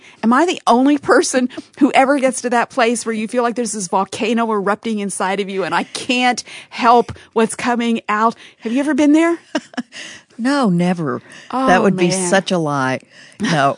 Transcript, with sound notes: Am I the only person who ever gets to that place where you feel like there’s this volcano erupting inside of you, and I can’t help what’s coming out? Have you ever been there?
(laughter) No, never—that would be such a lie! No,